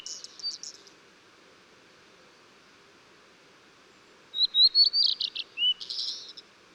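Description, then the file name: Blue-and-white flycatcher song: a clear whistled phrase of rising and falling notes ending in a buzzy burst, with a fragment at the start and a quiet pause between. Recorded 14 June 2009. "20090614 ooruri"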